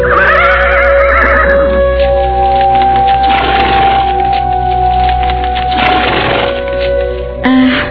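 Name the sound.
horse neighing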